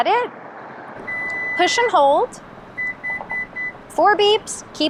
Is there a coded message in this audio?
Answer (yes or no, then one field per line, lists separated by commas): no